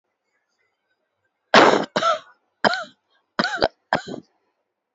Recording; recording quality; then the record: heavy voluntary cough; excellent, no background noise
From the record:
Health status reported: healthy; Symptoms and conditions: none ticked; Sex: female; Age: 30 years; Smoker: not ticked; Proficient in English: yes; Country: India